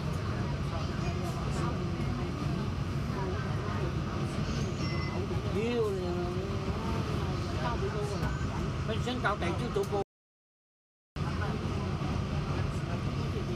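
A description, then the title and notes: Inside a New York subway, steady low rumble fills the space while voices talk and waver throughout, with a sudden silent gap near ten seconds. Nyc subway sounds.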